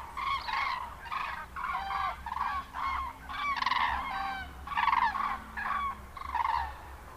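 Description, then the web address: Common crane trumpeting: loud, harsh, rolling honks repeated in many short bursts, with a low steady hum beneath. "Madardalok Cd 3. Daru"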